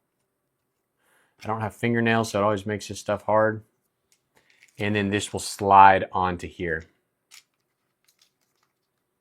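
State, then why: Not seated. Someone talks while handling the adhesive windshield mount bracket of a Terunsoul 4K Front and Rear Dash Cam, getting ready to slide it onto the dash camera body. Faint, quiet ticks of handling come around 4.1 to 4.6 seconds and again around 8.1 to 8.6 seconds. The mount has not clicked or seated onto the camera yet.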